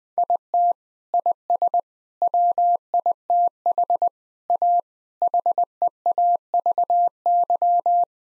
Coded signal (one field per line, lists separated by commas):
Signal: Morse code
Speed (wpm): 20 wpm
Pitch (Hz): 700 Hz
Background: none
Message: IT IS WITH A HEAVY